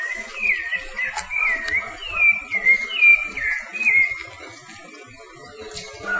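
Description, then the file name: Rufous-bellied thrush whistling a series of short, downslurred, fluty notes, with light background rustle. "Turdus rufiventris"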